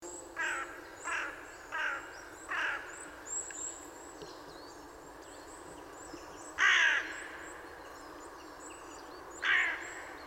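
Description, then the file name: Carrion crow cawing: several softer caws in a run, then two louder, rasping caws a few seconds apart, with faint high background sound. "Corvus corone"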